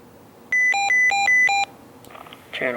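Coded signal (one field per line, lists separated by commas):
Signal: pager alert tone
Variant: Uniden scanner alert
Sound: warbling alert: high steady tone alternating with a two-note chord, three times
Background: brief faint speech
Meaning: The scanner detected the page on its tone-out channel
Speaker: so now channel 4 should go off Channel 4 went off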